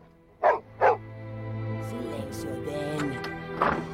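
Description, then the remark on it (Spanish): A dog barks at a visitor, giving two quick, loud barks in a row, then a steadier whining, tonal stretch follows before a third bark near the end. “¡No le ladres a la visita!”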